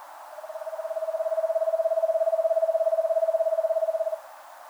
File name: Eastern Screech Owl Megascops asio